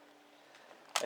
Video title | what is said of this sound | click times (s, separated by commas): PS Vita - Armor Shell Review | I think that already snapped into place didn't click but it's okay there you go that's into place | 1.0 s